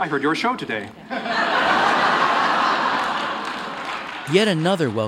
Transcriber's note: laughter